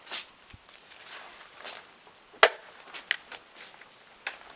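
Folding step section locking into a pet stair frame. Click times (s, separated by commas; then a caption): 2.4 s, 3.1 s. A folding dog-step section is pushed into its open position on a pet stair frame until its small plastic lock engages. Quiet rustling and soft taps lead up to two sharp, loud clicks at 2.4 s and 3.1 s as the lock snaps into place, followed by a few lighter knocks. The step section ends up seated and locked.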